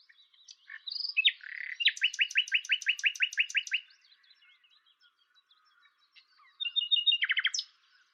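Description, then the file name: Common nightingale singing: a few varied notes lead into a fast run of about ten loud repeated notes, then a pause, then another quick rattling series. "Luscinia megarhynchos"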